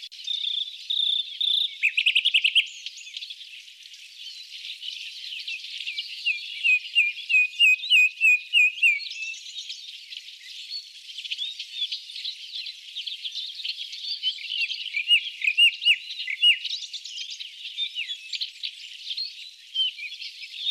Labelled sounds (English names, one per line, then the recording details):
Common Nightingale song
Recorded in the wild
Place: Chokpak Beringungsstation, KZ
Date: 2000-05-11
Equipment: MiniDisc Sharp MT 20 H
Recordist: Schwarz, Dieter